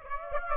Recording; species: mosquito wingbeat signal from an infrared sensor; Aedes aegypti